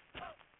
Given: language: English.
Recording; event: throat vibration sensor signal played as sound; cough